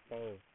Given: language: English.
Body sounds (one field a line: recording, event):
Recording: throat vibration sensor signal played as sound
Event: speech